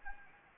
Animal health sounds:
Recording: mosquito wingbeat signal from an infrared sensor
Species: Anopheles gambiae

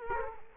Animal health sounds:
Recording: mosquito wingbeat signal from an infrared sensor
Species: Culex quinquefasciatus

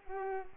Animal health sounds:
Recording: mosquito wingbeat signal from an infrared sensor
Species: Culex quinquefasciatus

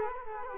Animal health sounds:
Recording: mosquito wingbeat signal from an infrared sensor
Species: Culex quinquefasciatus

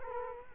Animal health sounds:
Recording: mosquito wingbeat signal from an infrared sensor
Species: Culex quinquefasciatus

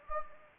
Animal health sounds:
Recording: mosquito wingbeat signal from an infrared sensor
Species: Anopheles gambiae

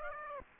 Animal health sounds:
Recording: mosquito wingbeat signal from an infrared sensor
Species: Aedes aegypti

